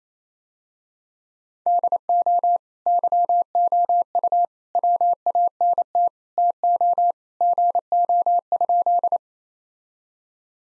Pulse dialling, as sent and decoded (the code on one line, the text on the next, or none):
none